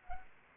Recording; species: mosquito wingbeat signal from an infrared sensor; Anopheles arabiensis